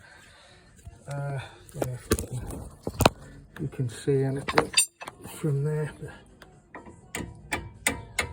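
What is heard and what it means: A part on the front brake caliper of a Mercedes CLS 350 CDI AMG (C218), during a front brake pad and disc replacement, is knocked top and bottom with a tool to push it into its seat. Someone talks, then a series of sharp knocking impacts comes around 6.8, 7.2, 7.5, 7.9 and 8.2 s. Nothing has seated or popped into place yet by the end of the clip.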